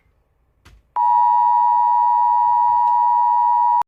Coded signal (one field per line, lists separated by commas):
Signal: Emergency Alert System (SAME) tones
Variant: 853 and 960 Hz attention tone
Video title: Eas rare special marine warning in Hawaii Eas#398